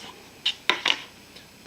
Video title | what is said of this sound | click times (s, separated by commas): Primus ETA PAKLITE Review 1 | the base pops off exposing | 0.7 s